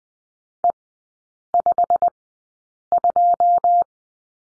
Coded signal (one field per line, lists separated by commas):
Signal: Morse code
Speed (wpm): 20 wpm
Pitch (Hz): 700 Hz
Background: none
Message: E52